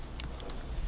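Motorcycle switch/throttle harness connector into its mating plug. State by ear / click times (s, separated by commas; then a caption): not seated / none. A motorcycle switch and throttle harness connector is being handled toward its mating plug while the throttle housing and switch assembly are reinstalled on a 2018 Suzuki GSX-R1000 during a Motion Pro REV2 throttle kit install. Faint handling ticks come through around 0.2, 0.4 and 0.5 seconds over a steady low background, and a low rumble swells at the very end. Nothing has seated or clicked yet.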